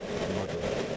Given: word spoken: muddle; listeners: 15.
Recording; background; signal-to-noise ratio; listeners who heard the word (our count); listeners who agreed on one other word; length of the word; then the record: one English word in noise, from a listening test; noise modulated by three-talker babble; -5.5 dB; 5 of 15; 6 of 15; 0.57 s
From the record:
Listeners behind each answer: 6, 5, 3, 1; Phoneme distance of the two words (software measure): 10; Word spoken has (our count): 2 syllables, 4 phonemes, stress on syllable 1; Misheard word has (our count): 2 syllables, 4 phonemes, stress on syllable 1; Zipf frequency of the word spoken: 3.39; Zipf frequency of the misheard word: 4.67